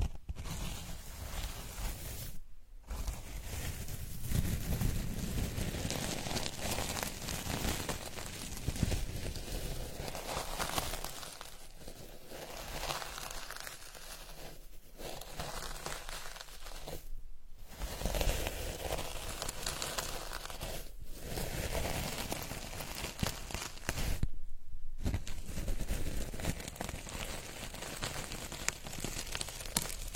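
Dried petals are stirred and crushed in a dense, continuous crinkling rustle, broken by brief silent pauses around 3, 17 and 25 seconds.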